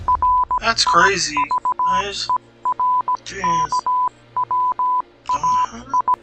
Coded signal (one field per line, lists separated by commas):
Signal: Morse code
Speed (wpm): 17 wpm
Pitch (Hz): 1000 Hz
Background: speech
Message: RIVER KWAI